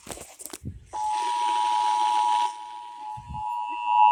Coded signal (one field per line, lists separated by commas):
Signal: Emergency Alert System (SAME) tones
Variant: 853 and 960 Hz attention tone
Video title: EASyPLUS SPOTTED! EAS Tests from September 2023